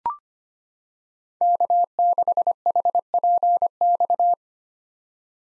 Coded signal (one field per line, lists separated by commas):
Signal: Morse code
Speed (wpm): 25 wpm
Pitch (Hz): 700 Hz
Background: none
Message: K6HPX